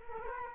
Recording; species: mosquito wingbeat signal from an infrared sensor; Culex quinquefasciatus